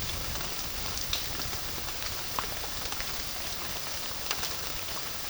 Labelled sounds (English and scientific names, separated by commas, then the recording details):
none
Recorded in pastures near Puerto Asís, Putumayo, Colombia, on 30 June 2025 at 15:30
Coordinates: 0.466, -76.322
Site GP07